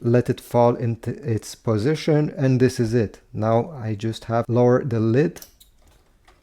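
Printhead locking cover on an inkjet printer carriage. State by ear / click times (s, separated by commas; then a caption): not seated / none. On a Canon PIXMA MegaTank G3270 / G4770 inkjet printer, the color printhead has just been dropped into the carriage, and the plastic printhead locking cover is about to be lowered. Someone talks through most of the clip, then it goes quiet with a couple of faint ticks near the end. The cover has not clicked or latched yet.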